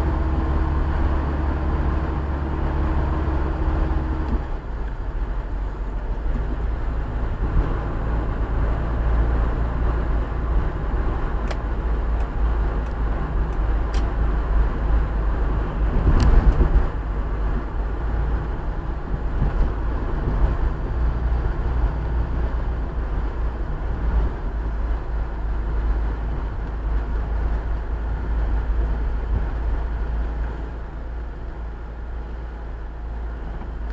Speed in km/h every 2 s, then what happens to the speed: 57, 57, 56, 54, 55, 55, 53, 52, 51, 49, 48, 47, 45, 41, 29, 23, 16.
0-34 slows to 16.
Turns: 25-34.